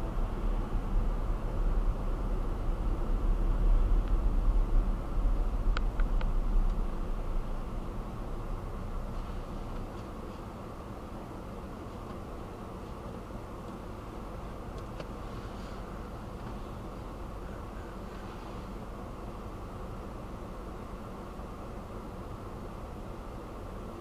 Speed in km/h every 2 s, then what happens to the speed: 37, 29, 23, 13, 0, 0, 0, 0, 0, 0, 0, 0.
0-8 brakes to 0. 8-24 standing.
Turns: none.